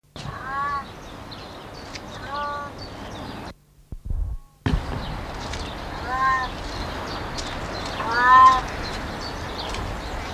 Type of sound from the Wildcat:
call